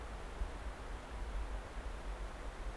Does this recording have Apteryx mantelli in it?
no